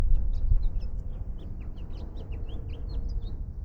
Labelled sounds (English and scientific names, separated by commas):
House Finch (Haemorhous mexicanus) song